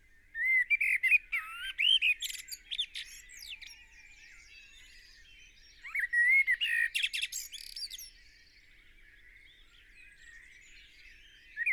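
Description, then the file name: Eurasian blackbird song: rich whistled warbles sliding up and down, followed by scratchy high twitters, in two phrases separated by a pause. "Turdus merula"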